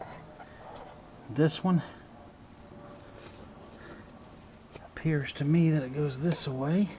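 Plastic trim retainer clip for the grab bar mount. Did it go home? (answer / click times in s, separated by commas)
no / none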